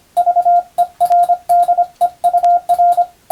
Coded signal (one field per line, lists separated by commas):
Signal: Morse code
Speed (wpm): 25 wpm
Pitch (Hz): 700 Hz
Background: radio noise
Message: VERDEUR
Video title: 無線従事者国家試験総合無線通信士電気通信術のトレーニングにＣＷを打ってみました。アマチュア無線ハムの受信練習にもどうぞ(morse code practice for radio operator )